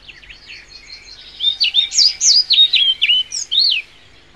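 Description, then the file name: European pied flycatcher singing: faint high tinkling notes first, then a louder rhythmic phrase of slurred, swooping whistles repeated quickly for about two seconds. "Trauerschnaepper"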